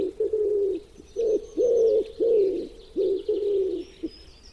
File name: Pigeon ramier